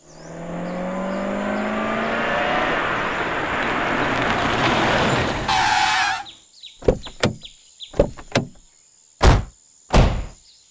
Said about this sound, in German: Plötzlich passiert etwas. Ein Auto fährt blitzschnell vorbei. Es hält direkt vor mir an. Zwei Männer steigen aus.